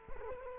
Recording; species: mosquito wingbeat signal from an infrared sensor; Culex quinquefasciatus